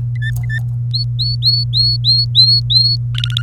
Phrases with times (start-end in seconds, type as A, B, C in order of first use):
0.16-0.59 A, 0.93-2.96 B, 3.15-3.42 C